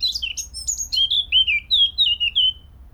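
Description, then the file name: Eurasian blackcap song, a brief burst of sharp notes followed by rich, fluty whistles that slide downward, each phrase repeated quickly. "Sylvia atricapilla"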